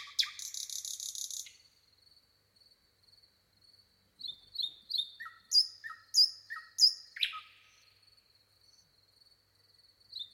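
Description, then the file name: Common nightingale singing a buzzy, churring rattle, then after a pause with soft repeated high notes a quick series of emphatic descending notes and a slurred whistle. "Luscinia megarhynchos"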